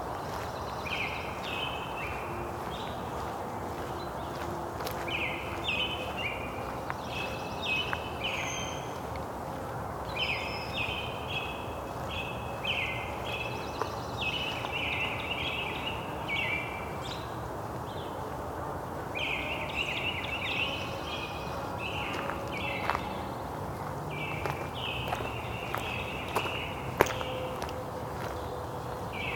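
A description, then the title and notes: Dawn chorus birdsong chirps in dense, repeated bursts around the upper middle range over a steady low rumble of city traffic. Dawn Chorus in Cootes Paradise. At sunrise in Cootes Paradise, the dawn chorus can overwhelm all the sounds of the city.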